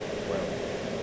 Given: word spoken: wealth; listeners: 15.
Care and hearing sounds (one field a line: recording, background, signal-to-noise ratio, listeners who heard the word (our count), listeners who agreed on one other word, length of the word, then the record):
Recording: one English word in noise, from a listening test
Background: speech-shaped noise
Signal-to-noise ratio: -5.6 dB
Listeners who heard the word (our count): 4 of 15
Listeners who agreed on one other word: 7 of 15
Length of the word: 0.63 s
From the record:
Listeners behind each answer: 7, 4, 1, 1, 1, 1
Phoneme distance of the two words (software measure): 7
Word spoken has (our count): 1 syllable, 4 phonemes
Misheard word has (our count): 1 syllable, 3 phonemes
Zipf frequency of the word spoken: 4.33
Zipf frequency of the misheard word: 6.43